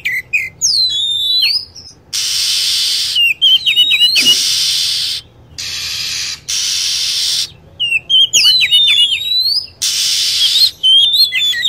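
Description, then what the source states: Lovebird chatter. Clusters of quick, high, bending chirps break up long rasping hiss-like screeches. The pattern repeats steadily throughout. Lure recording for attracting birds.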